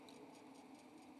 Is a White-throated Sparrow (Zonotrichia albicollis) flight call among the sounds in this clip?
no